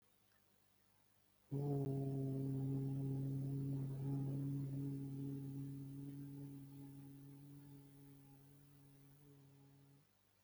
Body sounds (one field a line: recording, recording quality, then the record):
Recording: sustained vowel as in boot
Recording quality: excellent, no background noise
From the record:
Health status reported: exposed to COVID-19, no respiratory illness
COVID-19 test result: not tested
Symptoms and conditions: none ticked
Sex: male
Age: 22 years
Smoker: not ticked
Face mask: not worn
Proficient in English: yes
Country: India